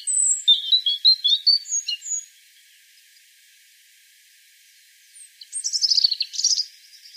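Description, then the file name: European robin song: a rapid string of high, thin warbled notes, a long silence, then a trilling phrase. "Erithacus rubecula"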